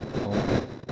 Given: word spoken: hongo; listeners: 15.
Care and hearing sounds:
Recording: one Spanish word in noise, from a listening test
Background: noise modulated by three-talker babble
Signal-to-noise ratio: -7.2 dB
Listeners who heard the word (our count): 1 of 15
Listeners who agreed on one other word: 6 of 15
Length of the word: 0.52 s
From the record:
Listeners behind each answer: 6, 2, 1, 1, 1, 1, 1, 1, 1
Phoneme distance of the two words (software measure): 37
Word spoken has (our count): 2 syllables, 4 phonemes, stress on syllable 1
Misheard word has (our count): 2 syllables, 5 phonemes, stress on syllable 1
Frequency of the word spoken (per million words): 4.70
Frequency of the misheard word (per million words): 525.38

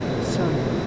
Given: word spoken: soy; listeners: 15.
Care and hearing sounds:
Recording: one Spanish word in noise, from a listening test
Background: speech-shaped noise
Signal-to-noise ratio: -5.0 dB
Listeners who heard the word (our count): 0 of 15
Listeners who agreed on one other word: 10 of 15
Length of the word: 0.47 s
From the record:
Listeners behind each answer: 10, 2, 2, 1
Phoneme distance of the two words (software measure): 14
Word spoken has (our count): 1 syllable, 3 phonemes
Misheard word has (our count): 1 syllable, 3 phonemes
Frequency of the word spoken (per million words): 176.34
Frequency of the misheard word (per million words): 1523.45

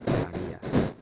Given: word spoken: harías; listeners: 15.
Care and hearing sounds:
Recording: one Spanish word in noise, from a listening test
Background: noise modulated by one talker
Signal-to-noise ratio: -11.5 dB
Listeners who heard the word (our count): 1 of 15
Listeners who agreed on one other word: 7 of 15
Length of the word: 0.62 s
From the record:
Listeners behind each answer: 7, 5, 1, 1, 1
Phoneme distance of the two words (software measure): 17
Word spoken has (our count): 3 syllables, 5 phonemes, stress on syllable 2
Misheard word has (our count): 3 syllables, 6 phonemes, stress on syllable 2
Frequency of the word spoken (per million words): 1.67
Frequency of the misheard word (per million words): 2.78

